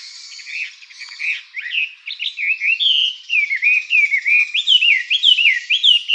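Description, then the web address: Chinese hwamei song building from soft, scratchy notes into strong repeated whistled slurs, each phrase dipping and rising in quick succession. "birdenaga gabityou"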